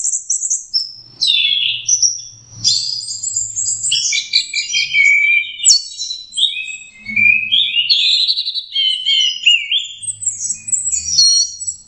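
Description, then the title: Orange-headed thrush singing a long, unbroken stream of varied, high chattering and whistled notes, phrases tumbling and overlapping with scarcely a pause, over a soft low hum. Local name Anis Merah, 'teler' song style, version 4; used as a master song for training Anis Kembang. "Anis Kembang. Suara Burung Anis Merah Teler - Versi 4"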